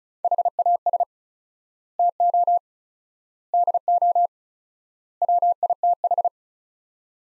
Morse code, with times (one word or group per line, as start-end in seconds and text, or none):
0.2-1.0 HAS
2.0-2.6 TO
3.5-4.3 DO
5.2-6.3 WITH